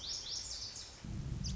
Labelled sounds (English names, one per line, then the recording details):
Lazuli Bunting
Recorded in Sonoma County, California